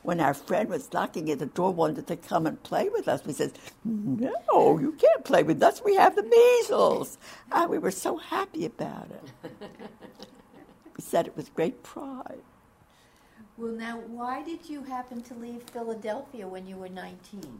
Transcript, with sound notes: When our friend was knocking at that door wanting to come and play with us, we says no, you can't play with us we have the measles! And we were so happy about it. (laughter) We said it with great pride.
Well now why did you happen to leave Philadelphia when you were nineteen?